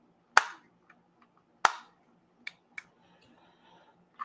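A snap-fit panel piece is pressed down into an arcade cabinet kit frame, giving two loud, sharp snaps at 0.4 s and 1.7 s, followed by softer ticks around 2.5 s and 2.8 s. Despite the snaps, the panel does not seat and is not fitting.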